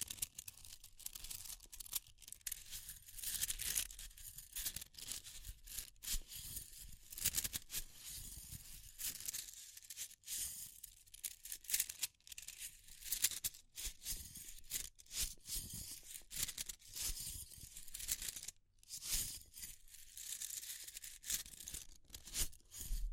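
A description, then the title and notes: Fire crackling with dense, irregular bright snaps and pops throughout, a steady hiss underneath, and brief quiet gaps near 19 seconds. Fire Crackling, Tapping, Scratching.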